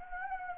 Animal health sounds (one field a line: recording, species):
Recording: mosquito wingbeat signal from an infrared sensor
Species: Anopheles gambiae